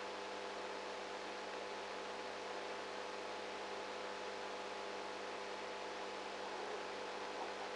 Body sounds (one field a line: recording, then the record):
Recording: brain microelectrode recording played as sound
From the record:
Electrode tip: outside the subthalamic nucleus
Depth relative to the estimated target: -10 mm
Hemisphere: right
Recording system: NeuroSet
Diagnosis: Parkinson's disease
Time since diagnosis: 19 years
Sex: female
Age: 58 years